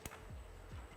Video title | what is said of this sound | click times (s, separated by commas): Gen3R -- Full Installation -- Step by Step for 2011-2017 Mustang GT | and just clip it on make sure you hear it click | 0.1 s